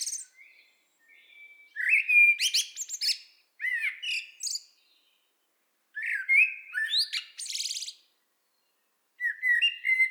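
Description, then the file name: Common blackbird song: low fluted warbles followed by thin, scratchy high twitters, delivered in separate phrases with short silent gaps. "Turdus merula"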